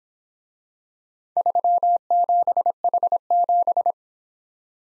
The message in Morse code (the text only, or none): 37H7